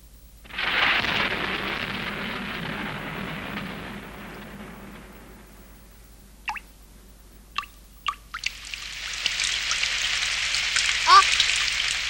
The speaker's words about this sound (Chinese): 下雨喽